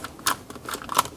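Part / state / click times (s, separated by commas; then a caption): rear seat mounting bracket into vehicle floor slot / not seated / none. A rear seat mounting bracket is pushed into a floor slot of a first-generation Honda CR-V, producing short, sharp metallic taps near 0.3, 0.9 and 1.0 s. It does not lock in because the brackets are swapped, so nothing has seated or clicked yet.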